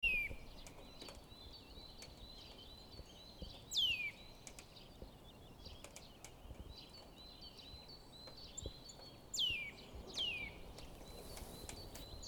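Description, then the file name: Eurasian nuthatch calls: sharp, steeply falling whistles, one early, another near four seconds, then a quick pair near the end, with soft ticks and twittering between. "Sitta europaea"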